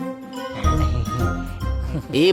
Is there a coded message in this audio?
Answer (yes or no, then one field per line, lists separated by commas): no